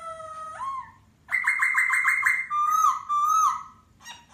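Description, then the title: Masked laughingthrush: songbird gives low whistles, then a fast pulsed chattering trill and sustained wavering whistles, over faint background rumble. Local Indonesian name Poksai Hongkong; song said to captivate other birds. "Suara Poksai Hongkong Memukau Burung Yang Lain"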